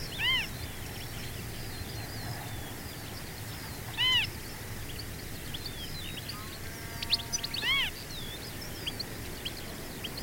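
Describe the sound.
Marsh harrier mewing, arched calls repeated about every four seconds, with scattered songbird chirps.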